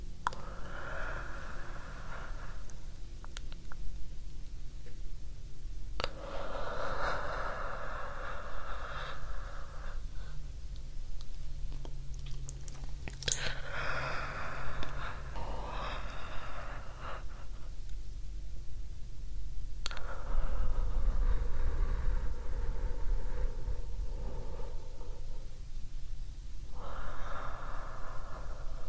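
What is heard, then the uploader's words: Slow, deep breaths, each rushing inhale or exhale lasting several seconds with short pauses between, about six in all. A steady low rumble runs underneath throughout, growing somewhat heavier in the later part, with a few faint clicks along the way. ASMR Deep Breathing. Sounds kind of similar to sleeping, but without the snoring.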